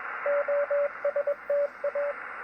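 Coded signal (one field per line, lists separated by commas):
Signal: Morse code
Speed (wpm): 21 wpm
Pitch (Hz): 570 Hz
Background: radio noise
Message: OSTA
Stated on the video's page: Morse on a Yaesu FT-101E, contacting a DX station, with receive dropping out intermittently.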